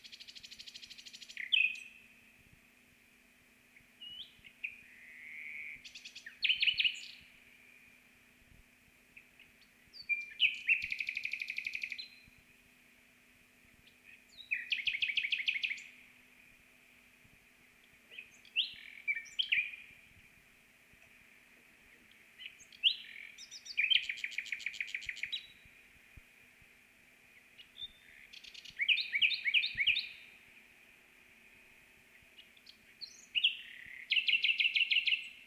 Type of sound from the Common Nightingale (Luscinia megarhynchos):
song